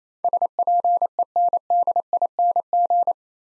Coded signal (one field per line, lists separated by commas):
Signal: Morse code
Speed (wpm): 27 wpm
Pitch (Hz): 700 Hz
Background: none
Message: SPENDING